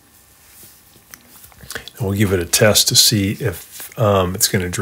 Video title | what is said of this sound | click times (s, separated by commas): ✨ BOSCH DISHWASHER With WATER AT End OF CYCLE? Let’s FIX IT!!! ✨ | put this filter back in lock it and | 1.7 s